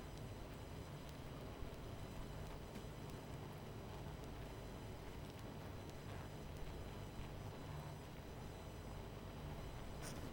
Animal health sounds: honeybee colony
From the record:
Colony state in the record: missing queen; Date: 14 July 2017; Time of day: 22:15

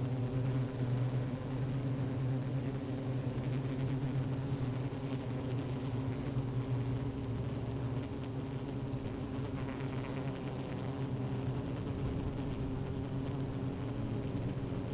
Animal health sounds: honeybee colony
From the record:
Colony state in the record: active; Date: 28 July 2017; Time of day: 15:44

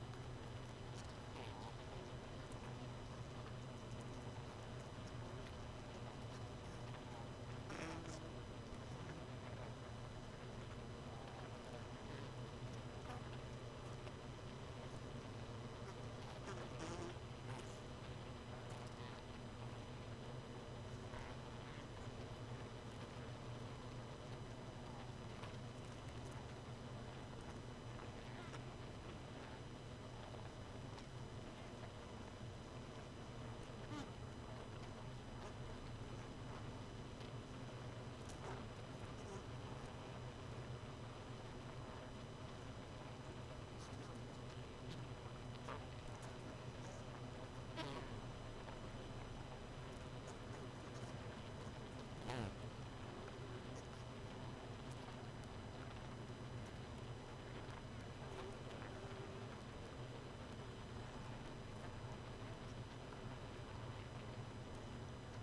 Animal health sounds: honeybee colony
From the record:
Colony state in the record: missing queen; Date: 31 May 2018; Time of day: 2:01

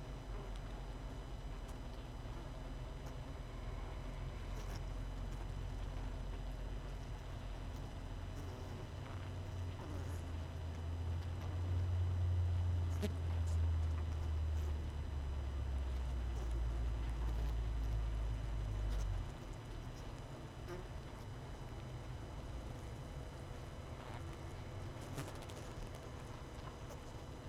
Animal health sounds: honeybee colony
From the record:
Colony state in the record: missing queen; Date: 31 May 2018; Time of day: 19:37

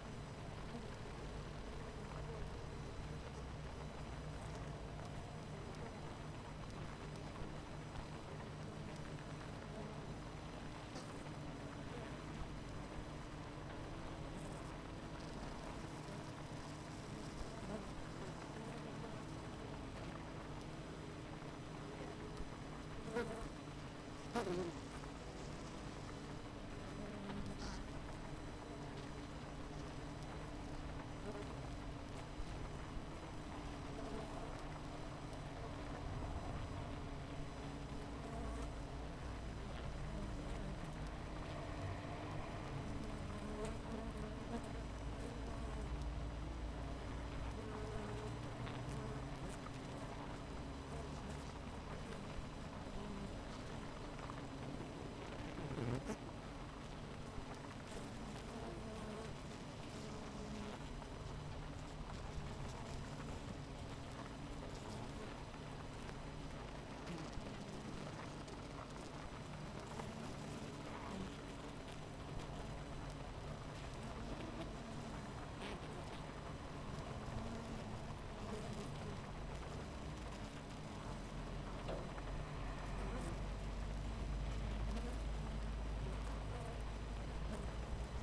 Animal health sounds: honeybee colony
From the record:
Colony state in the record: missing queen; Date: 14 July 2017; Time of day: 8:54

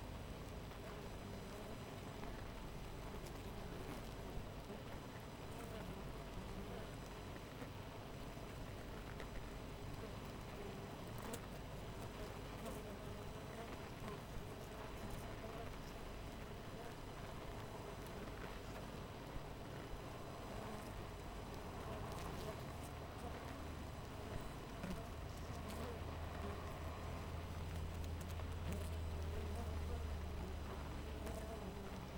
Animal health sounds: honeybee colony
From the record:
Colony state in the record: missing queen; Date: 14 July 2017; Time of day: 7:08

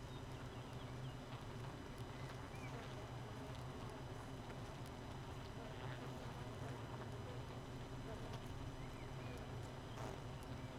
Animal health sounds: honeybee colony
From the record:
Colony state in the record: missing queen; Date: 31 May 2018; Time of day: 4:28

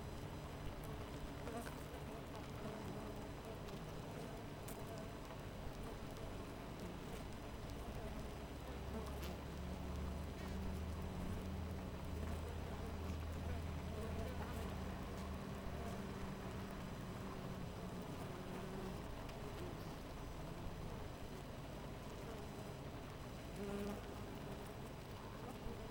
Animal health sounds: honeybee colony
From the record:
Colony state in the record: missing queen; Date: 14 July 2017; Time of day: 4:53

